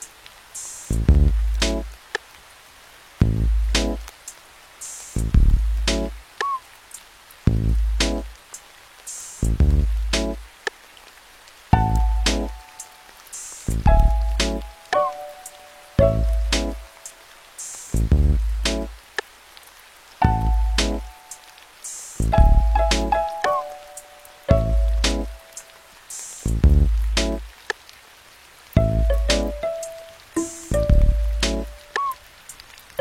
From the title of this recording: Music w/ Rain Sounds